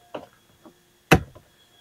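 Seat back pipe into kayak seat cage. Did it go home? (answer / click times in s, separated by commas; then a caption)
yes / 1.1 s. The pipe on the back of a 2025-model folding kayak seat is pressed onto the seat cage, a plastic and metal frame. Faint taps at about 0.2 s and 0.7 s lead up to a loud, sharp snap at 1.1 s as the pipe pops into place, followed by a soft tap at 1.4 s. The seat pipe is seated on the cage.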